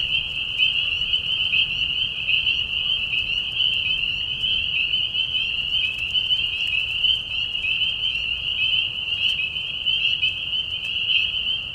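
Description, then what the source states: Spring peepers in full chorus, shrill overlapping whistles forming a continuous high ringing. Chorus of peepers in a marsh at night, mating call during a very short spring season; high whistles at low volume; Tiny Marsh Conservation Area, Tiny, Ontario.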